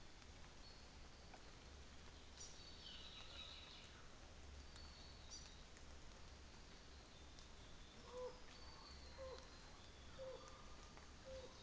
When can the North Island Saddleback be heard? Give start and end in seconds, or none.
2.53-4.46